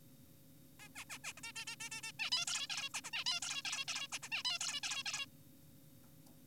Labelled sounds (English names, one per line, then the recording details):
Zebra Finch
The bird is an adult
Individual g4p5U